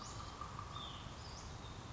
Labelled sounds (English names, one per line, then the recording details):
Hutton's Vireo
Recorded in Sonoma County, California